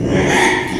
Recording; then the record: squeal of a Yucatan mini pig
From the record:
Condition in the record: after surgery on the right vocal fold (resection and tissue-engineered implant); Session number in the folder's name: 3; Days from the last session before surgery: 33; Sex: male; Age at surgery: 12 weeks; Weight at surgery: 13 kg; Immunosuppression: cyclosporine, prednisolone